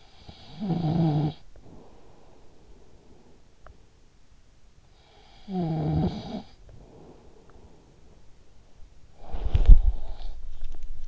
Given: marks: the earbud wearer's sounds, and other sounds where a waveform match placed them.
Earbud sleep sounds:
sounds in sleep by an in-ear microphone; snoring breath, body movement
0.00-4.14 s: snoring breath
4.85-8.25 s: snoring breath
8.83-11.08 s: body movement

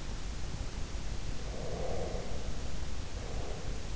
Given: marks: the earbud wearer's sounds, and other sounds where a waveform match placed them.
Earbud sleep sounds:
sounds in sleep by an in-ear microphone; breath
1.61-3.88 s: breath

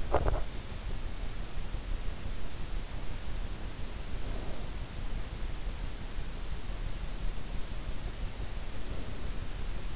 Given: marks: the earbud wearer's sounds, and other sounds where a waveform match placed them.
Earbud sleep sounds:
sounds in sleep by an in-ear microphone; teeth grinding, snoring breath
0.00-0.57 s: teeth grinding
4.29-4.97 s: snoring breath
8.76-9.75 s: snoring breath

